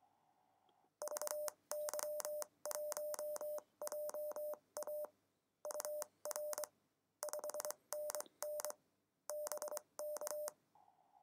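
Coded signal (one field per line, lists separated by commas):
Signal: Morse code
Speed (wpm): 23 wpm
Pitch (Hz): 600 Hz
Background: none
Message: VY1JA UR 5NN BK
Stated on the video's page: Simulated CW QSO from an iOS/iPhone simulator app, random call sign mode.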